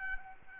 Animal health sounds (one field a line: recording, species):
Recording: mosquito wingbeat signal from an infrared sensor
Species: Aedes albopictus